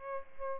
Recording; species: mosquito wingbeat signal from an infrared sensor; Aedes albopictus